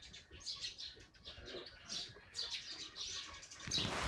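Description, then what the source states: Eurasian tree sparrows, a busy flock of bright, overlapping chirps that continue without pause, ending in a loud rush of noise. Recorded while birdwatching at the Summer Palace at 6 a.m. during the National Day holiday; sparrows very noisy.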